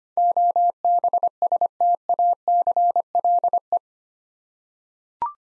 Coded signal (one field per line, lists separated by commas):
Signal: Morse code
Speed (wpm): 25 wpm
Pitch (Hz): 700 Hz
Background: none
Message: OBSTACLE